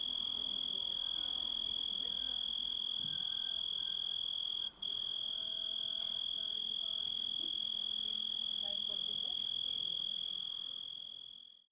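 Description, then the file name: Grasshopper trill, one shrill sustained note with a brief break midway, fading away at the end; faint low sounds beneath. Composite recording of grasshopper sounds. "engisprettur"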